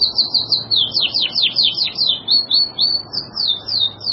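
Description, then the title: Bird song: rapid high trills and whistled slurred notes, sweeping down and rising in quick repeated phrases, loud and continuous over faint low background hum. "burung online"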